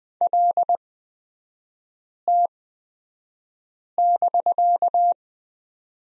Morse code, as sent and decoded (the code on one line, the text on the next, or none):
.-.. - -...-.-
LT<BK>